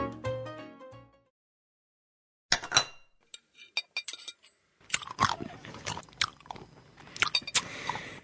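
A short musical sting fades to silence, then loud open-mouthed chewing begins: scattered wet clicks at first, building into dense, crunchy smacking and munching that continues steadily to the end.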